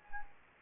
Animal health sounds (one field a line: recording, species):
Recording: mosquito wingbeat signal from an infrared sensor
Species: Anopheles gambiae